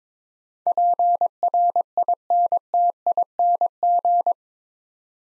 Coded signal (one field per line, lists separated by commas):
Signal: Morse code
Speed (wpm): 22 wpm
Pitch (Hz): 700 Hz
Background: none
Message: PRINTING